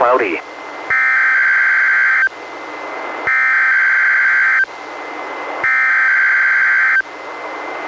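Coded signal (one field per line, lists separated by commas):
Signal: Emergency Alert System (SAME) tones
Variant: header bursts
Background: speech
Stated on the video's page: Weather radio weekly tests relayed by an NWR station, recorded from a Reecom R-1630 weather radio through a Zoom H1 recorder.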